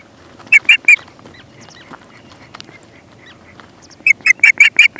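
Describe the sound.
Osprey giving three brief whistled chirps early, then a quick run of several sharp piping notes near the end.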